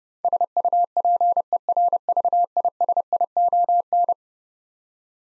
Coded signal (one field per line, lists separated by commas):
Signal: Morse code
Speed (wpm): 32 wpm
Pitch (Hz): 700 Hz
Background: none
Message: SUPERVISION